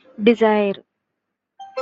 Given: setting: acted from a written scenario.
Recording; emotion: vocal sound without words; desire